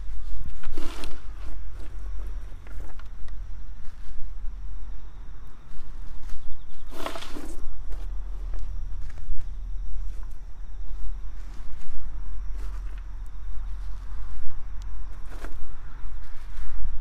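Garlic planting outdoors on an autumn evening, with short scraping bursts of soil being worked near 1, 7 and 15 seconds and lighter rustles between. A steady low rumble of distant traffic runs throughout, under a thin, constant high insect drone.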